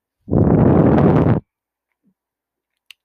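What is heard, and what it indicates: A one-second rushing, rumbling burst of air, then silence: the cycling noise of a home mechanical ventilator.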